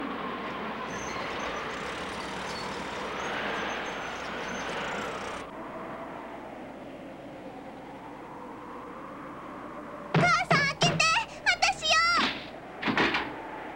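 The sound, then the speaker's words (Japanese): Heavy engines rumble and roar for several seconds as military vehicles in Dragon Ball start up and pull away to split up and search during a blizzard, then the noise drops to a low steady hiss before voices begin talking. “これより分散して探す。見つけ次第報告しろ。全車発進。”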